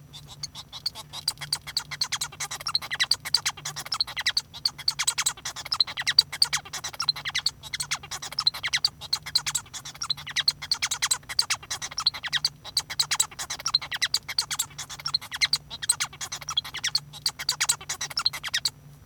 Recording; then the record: song of a male Bengalese finch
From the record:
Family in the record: son of father 1